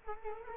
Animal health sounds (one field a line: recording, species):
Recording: mosquito wingbeat signal from an infrared sensor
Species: Culex quinquefasciatus